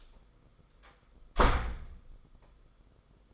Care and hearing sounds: daily activity, microphone in the room; close door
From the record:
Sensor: 5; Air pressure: 990.6 hPa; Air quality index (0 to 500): 150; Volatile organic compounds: 158 ppm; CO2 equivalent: 4059 ppm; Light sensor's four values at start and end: 27/65/26/29 and 26/63/26/28

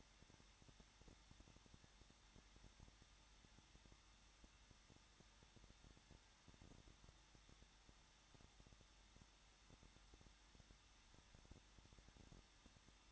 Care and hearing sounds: daily activity, microphone in the room; no activity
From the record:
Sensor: 3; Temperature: 21.2 degrees Celsius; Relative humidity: 36.4%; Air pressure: 1006.4 hPa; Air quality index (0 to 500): 223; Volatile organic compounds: 43 ppm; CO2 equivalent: 3192 ppm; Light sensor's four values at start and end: 2/3/2/2 and 2/3/2/2

